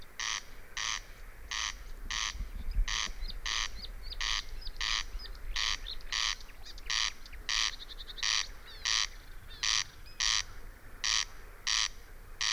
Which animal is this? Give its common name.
Corn Crake